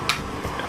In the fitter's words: You have to hear that click because if not, it doesn't close completely.